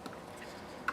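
A second guitar string is moved over into its notch on the bridge saddle, with a faint tick near the start at 0.1 s. At 0.9 s it clicks into the notch with a sharp, bright snap, and the string is seated.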